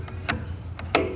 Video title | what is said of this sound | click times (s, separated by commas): DTB Realm: A 300fps Bolt-Action Nerf Sniper! | coming to the bolt when you flip the arm up or down it actually clicks into place | 0.3 s, 1.0 s